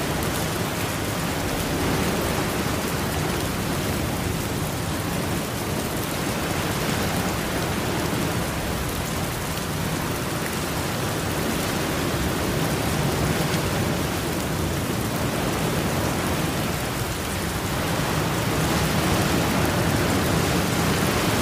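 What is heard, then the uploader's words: Rain falls on ocean waves in a dense, steady hiss that fills the whole range from low rumble to bright spatter. The level holds nearly constant for the full length, with only slow, gentle swells and no distinct splashes or breaks standing out. Sound Of Rain On Ocean Waves (No Thunder).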